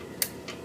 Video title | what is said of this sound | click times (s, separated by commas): Industrial machine | when you hear that click you know that it has reached it full potential | 0.2 s